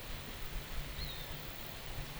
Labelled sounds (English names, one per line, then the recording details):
none
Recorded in pastures near Puerto Asís, Putumayo, Colombia, on 21 December 2024 at 14:30
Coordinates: 0.486, -76.323
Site GP01